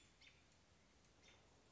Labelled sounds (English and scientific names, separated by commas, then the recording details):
American Robin (Turdus migratorius)
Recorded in Sonoma County, California